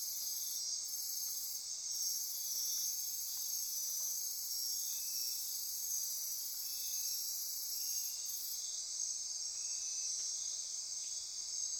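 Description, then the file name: Insect chorus, a dense continuous high-pitched ringing with steady layered trills and short buzzy pulses overlapping throughout. Insect chorus at midnight near Corcovado. "Wind-is-the-Original-Radio-Fridays 20240628 Andy-Martin Midnight-Insect-Chorus-Near-Corcovado"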